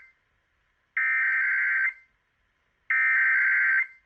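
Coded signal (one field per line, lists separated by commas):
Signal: Emergency Alert System (SAME) tones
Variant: header bursts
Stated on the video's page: Required Weekly Tests caught on several San Diego FM broadcast stations; contains valid SAME data headers.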